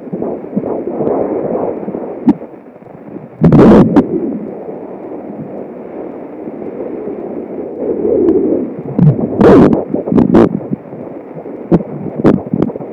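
Fast, rhythmic whooshing pulses over a muffled hiss: a fetal heartbeat at 15 weeks of pregnancy, picked up by Doppler.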